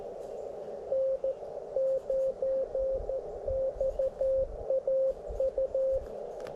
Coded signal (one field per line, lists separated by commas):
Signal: Morse code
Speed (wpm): 12 wpm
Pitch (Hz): 530 Hz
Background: radio noise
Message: N9XAU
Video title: Had to Slug it Out in Florida (POTA activation)